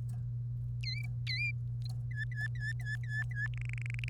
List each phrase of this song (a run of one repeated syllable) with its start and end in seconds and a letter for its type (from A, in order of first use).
0.83-1.51 A, 2.11-3.47 B, 3.58-4.08 C